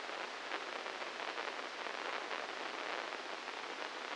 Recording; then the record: brain microelectrode recording played as sound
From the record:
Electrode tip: inside the subthalamic nucleus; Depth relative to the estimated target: -2 mm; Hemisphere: right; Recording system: NeuroSet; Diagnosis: Parkinson's disease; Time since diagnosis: 15 years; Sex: female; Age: 59 years